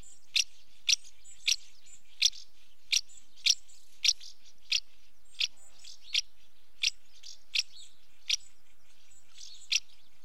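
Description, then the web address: Common house martin calls, a steady run of many short dry chirps for ten seconds, light twitter behind. Female calling at the nest entrance. "BBC Sound Effects Library. House Martin female calling at nest entrance"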